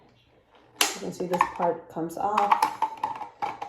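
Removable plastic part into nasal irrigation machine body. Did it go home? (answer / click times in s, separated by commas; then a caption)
no / none. A removable plastic part of a Navage nasal irrigation machine is handled near the machine body while someone talks, with a few short knocks and taps heard. The part has not yet been pushed home, and nothing has seated or clicked yet.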